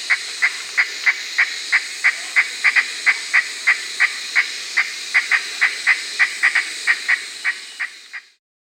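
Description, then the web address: Curl-crested aracari calling in a steady series of short, sharp notes, roughly three per second, over a constant high hiss. Recorded in Peru, Amazon region. "Birds of the Amazon 2 Curl-crested Aracari (Pteroglossus beauharnaesii), Peru"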